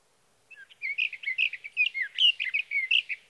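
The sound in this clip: Sage thrasher song: a couple of soft lead-in notes, then a quick, continuous run of varied warbled and whistled phrases over a quiet background.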